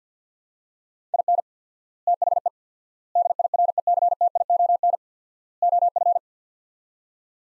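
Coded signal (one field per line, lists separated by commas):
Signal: Morse code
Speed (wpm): 50 wpm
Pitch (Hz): 700 Hz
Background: none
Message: IN THE DIRECTION OF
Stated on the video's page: Drill of sets of 4 words at 50 wpm with 4x word spacing, Farnsworth-like; each set sent, spoken, sent again.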